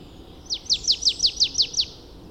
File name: Poecile palustris